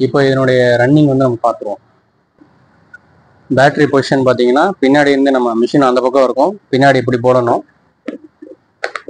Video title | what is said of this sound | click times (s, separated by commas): POWERMATIC CORDLESS ANGLE GRINDER KIT 21V BRUSHLESS #powerbilt #bosch #dewalt #cordlesspowertools | lock பண்ணிட்டா போதும் அவ்ளோதான் lock ஆயிடுச்சு. | 8.8 s, 9.0 s